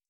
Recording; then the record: hydrophone in a shrimp aquaculture tank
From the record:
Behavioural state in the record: stressed